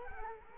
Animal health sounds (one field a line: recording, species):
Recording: mosquito wingbeat signal from an infrared sensor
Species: Culex quinquefasciatus